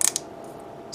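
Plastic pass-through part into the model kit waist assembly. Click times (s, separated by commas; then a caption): 0.1 s, 0.2 s. The last plastic pass-through part of an MG Wing Gundam Zero Custom Ver Ka model kit is pushed through the waist assembly, giving a quick double snap at 0.1 s and 0.2 s. The part seats and snaps into place, followed by a quiet background.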